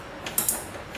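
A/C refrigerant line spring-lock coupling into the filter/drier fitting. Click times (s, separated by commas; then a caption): 0.4 s. An A/C refrigerant line's spring-lock coupling, its O-ring lubricated so it slides in without damage, is pushed into the fitting on the new filter/drier of a Ford Ranger or Mazda B-series. A few short metallic clicks are heard, the loudest at 0.4 s, with a fainter tick near 1.0 s. The coupling clicks and is locked in.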